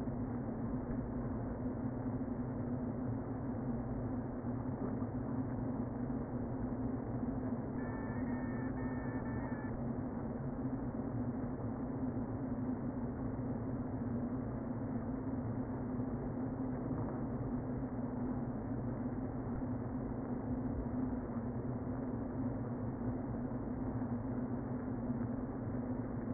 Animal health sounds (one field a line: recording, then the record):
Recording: honeybee colony, microphone inside the hive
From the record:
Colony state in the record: queen present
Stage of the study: before two queens were removed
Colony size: about 60,000 bees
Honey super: yes